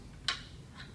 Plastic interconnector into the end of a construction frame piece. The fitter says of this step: and we turn and click it into place